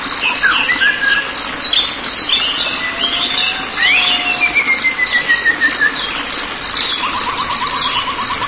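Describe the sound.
White-rumped shama singing rich whistled phrases and slurred sweeps, finishing with a quick trill.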